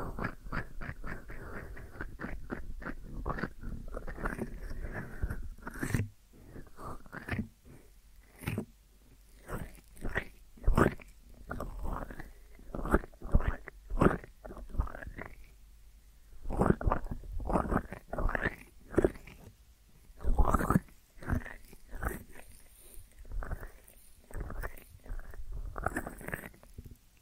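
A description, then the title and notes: Deep ear massage sounds: rubbing and squishing strokes arrive in quick, irregular bursts, some wet and crackly like chewing. The strokes crowd together early, thin out with brief pauses near the middle, then build again, over a low steady hum. ASMR Deep Ear Massage for Sleep(No Talking).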